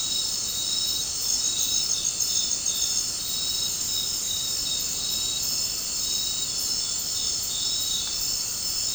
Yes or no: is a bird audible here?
no